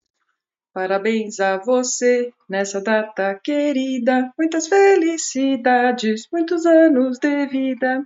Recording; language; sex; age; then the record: short text; Brazilian Portuguese; female; 50 to 59 years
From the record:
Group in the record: control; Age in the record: 52 years